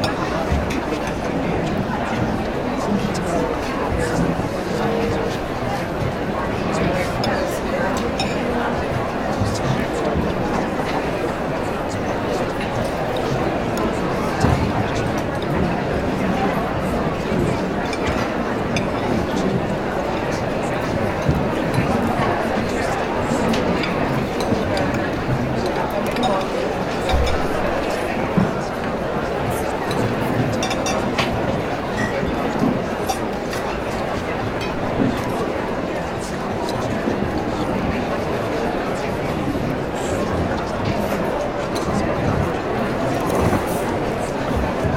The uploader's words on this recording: CAFE RESTAURANT • Ambient Sounds.